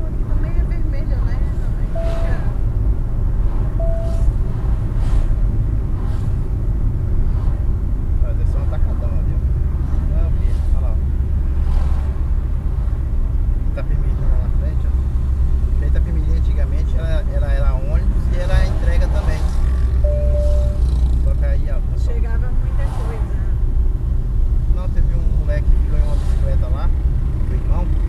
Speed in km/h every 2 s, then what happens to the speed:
52, 52, 53, 47, 44, 42, 42, 40, 39, 38, 36, 37, 39, 43.
4-20 slows to 36. 20-28 speeds up to 43.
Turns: none.